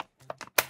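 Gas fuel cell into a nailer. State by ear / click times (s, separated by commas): seated / 0.6 s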